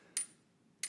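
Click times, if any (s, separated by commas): 0.2 s, 0.8 s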